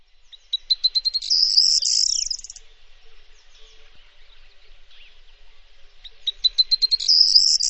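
Bird song: a series of quick notes speeding up into a high buzzy trill, given twice.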